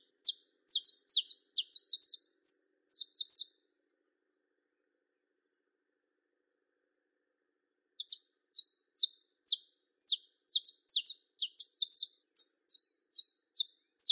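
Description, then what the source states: Belgian canary song: bursts of sharp, high chirps and short descending notes, a first run of about four seconds, then silence, then a longer run resuming; no other sounds. Song of a pure-bred Belgian canary.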